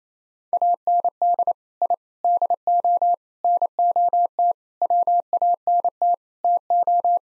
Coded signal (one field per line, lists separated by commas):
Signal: Morse code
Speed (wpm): 28 wpm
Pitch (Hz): 700 Hz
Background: none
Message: AND I DO NOT WANT TO